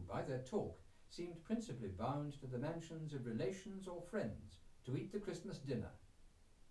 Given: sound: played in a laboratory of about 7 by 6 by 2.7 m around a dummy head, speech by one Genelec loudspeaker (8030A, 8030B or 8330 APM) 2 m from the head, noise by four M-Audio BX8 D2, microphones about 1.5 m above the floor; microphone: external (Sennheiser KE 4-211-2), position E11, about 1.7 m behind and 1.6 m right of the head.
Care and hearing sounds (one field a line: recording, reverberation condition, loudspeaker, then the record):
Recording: male speech in English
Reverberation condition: low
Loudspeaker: 30 degrees to the right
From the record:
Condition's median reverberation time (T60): about 310 ms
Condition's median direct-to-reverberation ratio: about 3.5 dB